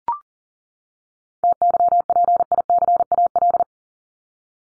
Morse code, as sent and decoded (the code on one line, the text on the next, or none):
- -.-- .--. .. -.-. .- .-..
TYPICAL